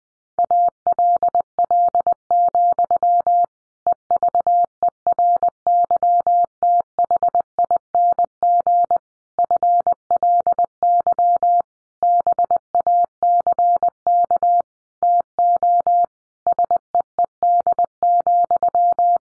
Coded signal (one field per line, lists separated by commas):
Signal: Morse code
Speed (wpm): 20 wpm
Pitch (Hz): 700 Hz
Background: none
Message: ALL, EVERYTHING FLY BACK TO SEED,